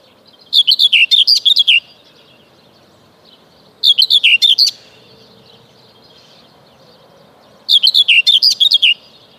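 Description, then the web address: Common whitethroat song: three short, chattering scratchy phrases of quick notes spaced a few seconds apart, the background otherwise quiet. "Kurs PTTK Kurs materiały Przyroda Ptaki Cierniówka"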